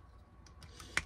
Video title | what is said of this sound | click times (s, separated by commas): Review of the G.I.Joe 80’s cartoon Cobra Commander by Super 7 | and then it just clicks into place and it's fine so that's pretty cool um | 1.0 s